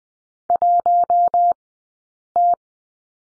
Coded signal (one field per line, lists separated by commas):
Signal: Morse code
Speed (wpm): 20 wpm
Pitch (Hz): 700 Hz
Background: none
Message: 1T